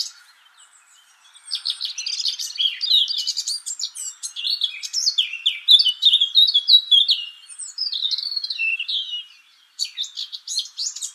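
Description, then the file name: Eurasian blackcap song: a rich warbling phrase of fluty, varied notes running through most, then a brief pause and a fresh burst near the end. "Sylvia atricapilla"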